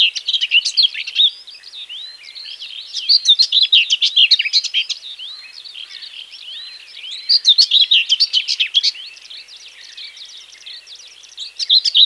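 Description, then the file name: Common whitethroat singing short, hurried, scratchy warbles in bursts, four main phrases, the last cut short, with softer chatter filling the gaps. "slavka seraja"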